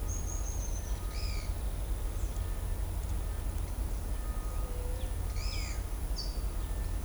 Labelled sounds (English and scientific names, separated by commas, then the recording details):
Tropical Kingbird (Tyrannus melancholicus), Pale-eyed Pygmy Tyrant (Atalotriccus pilaris)
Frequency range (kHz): Tropical Kingbird (Tyrannus melancholicus) 5.7-6.9 kHz; Pale-eyed Pygmy Tyrant (Atalotriccus pilaris) 1.6-8.0 kHz
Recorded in shrubland near Pivijay, Magdalena, Colombia, on 3 June 2023 at 09:30
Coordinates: 10.453, -74.365
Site P5-G022